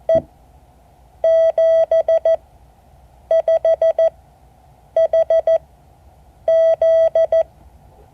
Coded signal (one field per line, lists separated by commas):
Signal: Morse code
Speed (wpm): 14 wpm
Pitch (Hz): 650 Hz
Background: none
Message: E 75HZ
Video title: Morse code class 2024-08-04 (7 of 12)